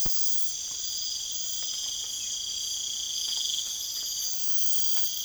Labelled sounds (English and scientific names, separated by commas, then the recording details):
none
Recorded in secondary vegetation near Puerto Asís, Putumayo, Colombia, on 27 June 2025
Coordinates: 0.488, -76.319
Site G094